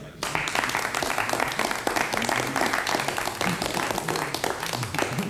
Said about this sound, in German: Besonderen Dank möchte ich richten an unseren Sponsor von McLintosh Limited, der möglich gemacht hat unsere Veranstaltung hier. Beifall für unseren Sponsor.